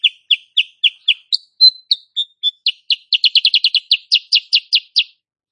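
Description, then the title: Sooty-headed bulbul pouring out a continuous rapid stream of sharp chirps, with a brief whistled glide in the middle before the notes crowd even closer together. Female kept cage bird; recording used as master song for training other cage birds; described as gacor (singing persistently) and nembak rapat, meaning rapid, closely packed firing notes. "Masteran Kutilang Sutra. Kutilang SUTRA BETINA GACOR nembak RAPAT"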